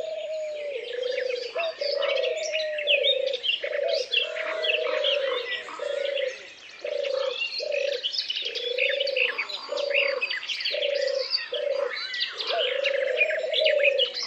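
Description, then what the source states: Birds singing together: a nearly continuous series of low whistled phrases, some short and some long, beneath a thick layer of high chirps and twitters. Peaceful forest ambience with birds.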